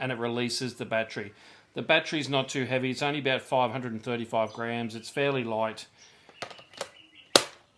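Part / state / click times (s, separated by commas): battery pack into cordless vacuum body / seated / 7.4 s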